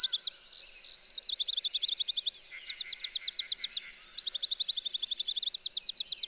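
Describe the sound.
Chipping sparrow delivering dry, rapid trills of high chips, interleaved with a slower, spaced trill and faint background birdsong.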